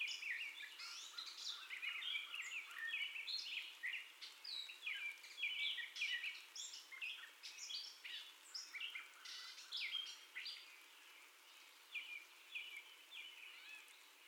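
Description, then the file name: Gray catbird song, a long rambling run of varied squeaky, scratchy and whistled phrases with short gaps, mostly high-pitched, steady background hiss. First song, recorded 30 May 2021. "2021-05-30 Catbird First Song"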